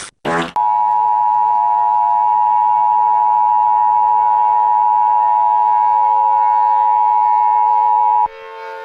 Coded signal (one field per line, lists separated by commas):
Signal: Emergency Alert System (SAME) tones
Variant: 853 and 960 Hz attention tone